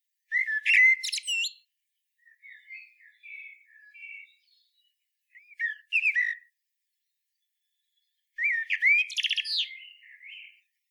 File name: chant merle noir